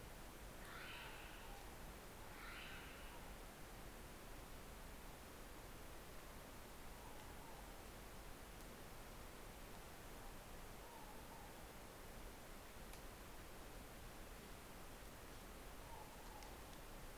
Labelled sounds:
North Island Brown Kiwi female call
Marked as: faintness 2/5
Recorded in New Zealand on 9 December 2013
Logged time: 23:28
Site DE65

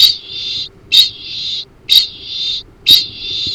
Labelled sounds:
Kākāpō ching call
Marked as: faintness 2/5
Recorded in New Zealand
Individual Arab

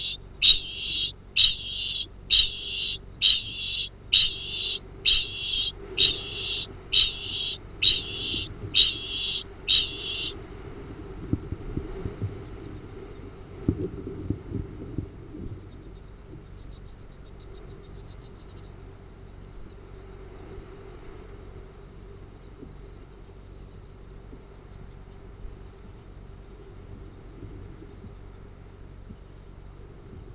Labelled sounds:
Kākāpō ching call
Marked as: faintness 1/5
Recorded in New Zealand
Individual Arab

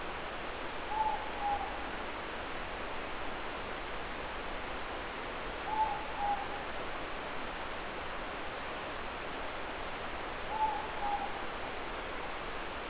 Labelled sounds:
Morepork more-pork call
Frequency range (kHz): Morepork 0.7-1.1 kHz
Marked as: faintness 3/5
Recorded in New Zealand
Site Eglinton

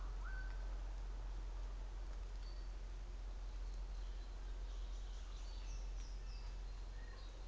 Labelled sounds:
New Zealand Fantail
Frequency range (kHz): New Zealand Fantail 4.5-7.9 kHz
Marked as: faintness 5/5
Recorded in New Zealand on 24 December 2018
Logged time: 10:15

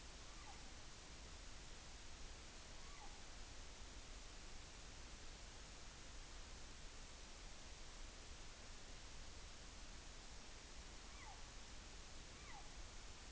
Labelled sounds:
Morepork weow call
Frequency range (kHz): Morepork 0.5-3.4 kHz
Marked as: faintness 5/5, faintness 4/5
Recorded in New Zealand on 14 June 2013
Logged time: 02:27
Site Ponui

